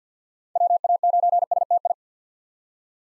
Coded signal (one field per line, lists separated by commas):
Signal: Morse code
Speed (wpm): 50 wpm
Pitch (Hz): 700 Hz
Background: none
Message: WA9STI